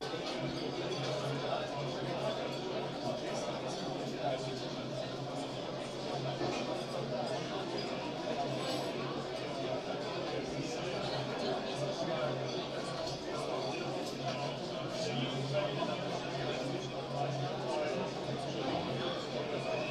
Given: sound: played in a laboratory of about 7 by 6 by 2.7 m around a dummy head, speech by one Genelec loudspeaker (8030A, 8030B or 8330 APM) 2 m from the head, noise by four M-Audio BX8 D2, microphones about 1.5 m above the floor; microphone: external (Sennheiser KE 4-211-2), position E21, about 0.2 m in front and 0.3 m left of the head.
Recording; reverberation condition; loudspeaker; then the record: cafeteria noise; low; four, about 170 cm from the corners of the room and facing them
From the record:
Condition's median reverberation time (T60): about 310 ms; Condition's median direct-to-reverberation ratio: about 3.5 dB